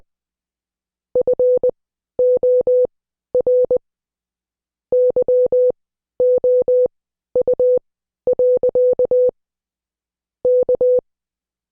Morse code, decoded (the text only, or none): FOR YOU. K